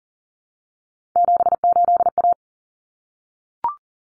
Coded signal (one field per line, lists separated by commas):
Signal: Morse code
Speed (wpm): 40 wpm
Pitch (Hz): 700 Hz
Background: none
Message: 78A